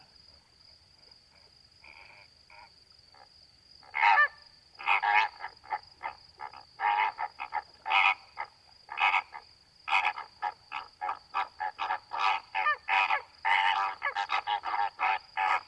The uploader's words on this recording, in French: 23h10 - Etang de Vaccares - Camargue - Nagra seven - B&K - omni. Installé pour la nuit sur le bord de l'étang, la nuit est d'un calme étonnant pour la Camargue. Pas un souffle de vent et une superbe ambiance de Flamant rose ( Phoenicopterus ruber ). Tranquillement de l'eau à mi-pattes ils se nourrissent en discutant parfois.